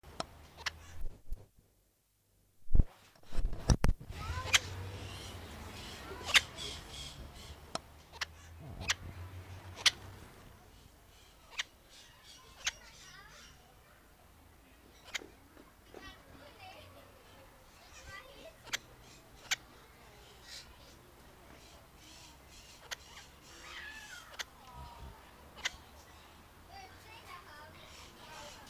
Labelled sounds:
Red-fan Parrot (Deroptyus accipitrinus) call
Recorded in captivity
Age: adult
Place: Tiergarten Wilhelma/Stuttgart, Baden-Württemberg, DE
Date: 2002-10-05 16:15
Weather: heiter, 15°C
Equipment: Nagra SN, Kopie Uher 4000 Report Monitor
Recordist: Tembrock, Günter
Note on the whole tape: In der Nähe des Gitters: diverse Lautformen

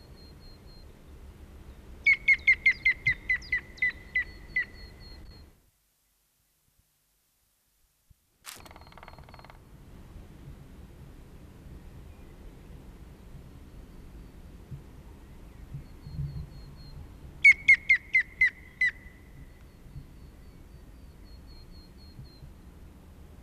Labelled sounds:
European Green Woodpecker (Picus viridis) song
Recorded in the wild
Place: Garmisch-Partenkirchen, Bayern, DE
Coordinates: 47.5022, 11.0817
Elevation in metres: 847
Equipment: Uher 4000 Report
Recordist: Tretzel, Erwin

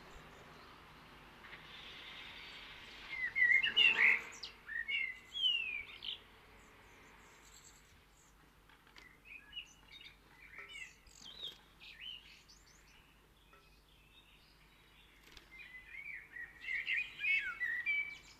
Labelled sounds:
Common Blackbird (Turdus merula) song
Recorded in the wild
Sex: male
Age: adult
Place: Kaiserslautern, Rheinland-Pfalz, DE
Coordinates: 49.4247, 7.77889
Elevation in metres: 279
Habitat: garden
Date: 1977-05-15
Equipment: Nagra IV, Sennheiser MKH 405, Parabolreflektor
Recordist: Tretzel, Erwin

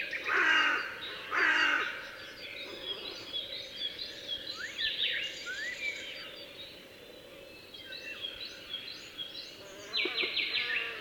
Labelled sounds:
Hooded Crow (Corvus cornix) call
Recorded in the wild
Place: Dumbraveni, Transilvania, RO
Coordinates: 46.23, 24.575
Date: 1976-06-05
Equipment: Nagra III BH, Sennheiser MD 21, parabola
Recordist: Schubert, Michael

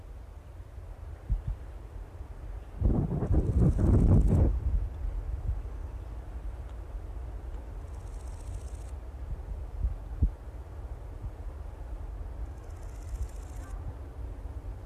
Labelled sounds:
Large Gold Grasshopper (Chrysochraon dispar) stridulation
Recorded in the wild
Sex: male
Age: imago
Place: Strausberg, Annatal, Brandenburg, DE
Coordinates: 52.5533, 13.8808
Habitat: meadow
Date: 1989-08-12 16:18
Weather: sonnig; 28,5°C
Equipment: Riporter 6 RG-K, Sennheiser MKH 416 T, Kopie Uher Report Stereo IC
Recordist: Frommolt, Karl-Heinz

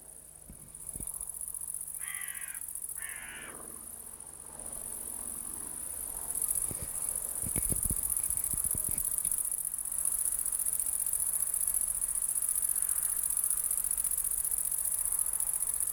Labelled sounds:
Great Green Bush-cricket (Tettigonia viridissima) stridulation
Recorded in the wild
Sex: male
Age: imago
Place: Lienen, Nordrhein-Westfalen, DE
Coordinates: 52.146, 7.974
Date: 1991-09-21 17:30
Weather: 24,1 °C
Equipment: Marantz CP 430, Sennheiser ME 80, K 30 AV, Kopie Tesla B 116
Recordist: Tembrock, Günter

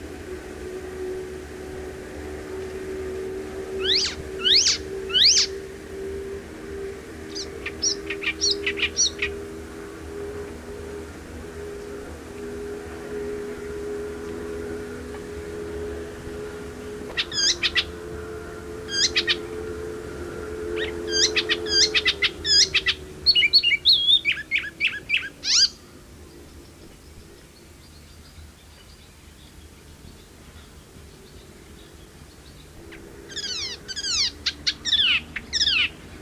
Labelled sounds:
Icterine Warbler (Hippolais icterina) song
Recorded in the wild
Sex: male
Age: adult
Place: Putbus, Insel Rügen, Mecklenburg-Vorpommern, DE
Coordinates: 54.3475, 13.4731
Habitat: park
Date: 1979-06-27 20:40
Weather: ca. 15°C
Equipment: ITT Schaub-Lorenz Studio Recorder 72, Verstärker, MD 421 HL, Reflektor, Kopie Uher 4200 Report
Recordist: Tembrock, Günter

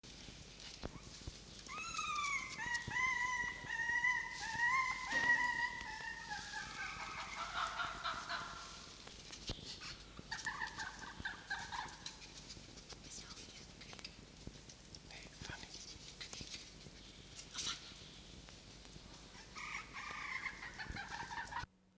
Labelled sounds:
Red Fox (Vulpes vulpes)
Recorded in captivity
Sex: diverse
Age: diverse
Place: Zoologisches Institut der HUB, Berlin, DE
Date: 1953-04-30 12:30
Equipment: Elmetra
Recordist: Tembrock, Günter
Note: Fiffi-Welpen: Quick: (bei Rückkehr ins Fuchszimmer): Begrüßungswinseln und Bellserie; Fanny: (bei Rückkehr ins Fuchszimmer): Winseln - Bellserie. Jupp (dazwischen): Muffen (ohne Fleisch)

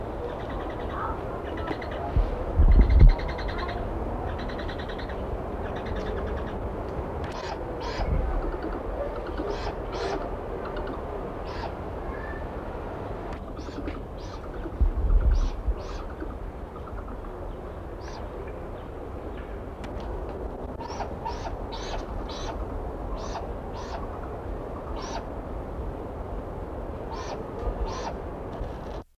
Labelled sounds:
Great Grey Owl (Strix nebulosa) call
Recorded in captivity
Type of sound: call
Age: immature
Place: Zoo Hannover, Niedersachsen, DE
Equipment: Halbspur, 9,5 cm/s
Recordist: Lütgens, Hans
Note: 2monatig

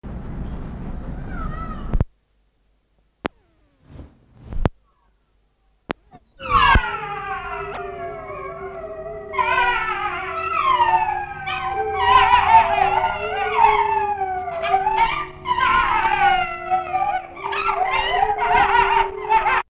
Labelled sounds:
African Golden Wolf (Canis anthus) howling, Gray Wolf (Canis lupus)
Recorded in captivity
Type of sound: howling
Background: Canis lupus
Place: Zoo Berlin, Berlin, DE
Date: 1959-06-12 19:15
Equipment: Reporter (Vollspur)
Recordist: Tembrock, Günter
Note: Senegalschakal: nachdem im Haus die Tüpfelhyäne gerufen hat, Heulen (Paar), im Hintergrund auch die Wölfe. Abstand ca. 2 bis 4 m

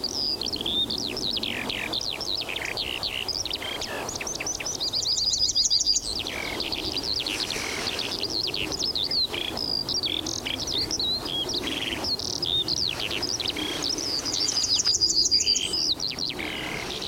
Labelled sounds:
Yellowhammer (Emberiza citrinella)
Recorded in the wild
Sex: male
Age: adult
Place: Zepernick, OT Hobrechtsfelde, Brandenburg, DE
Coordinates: 52.666, 13.495
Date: 1993-04-20 13:50
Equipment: Sony WM-D6C, Sennheiser ME 80, K 30 AV, Kopie Tascam 22-2
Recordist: Quaisser, Christiane

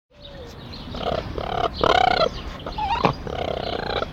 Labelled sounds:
Raccoon (Procyon lotor)
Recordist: Tembrock, Günter
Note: Laute beim Umherlaufen

